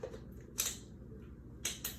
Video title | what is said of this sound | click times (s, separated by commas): Demonstration Speech | the little clicks you hear are these little notches actually locking into the socket | 0.6 s, 1.7 s, 1.9 s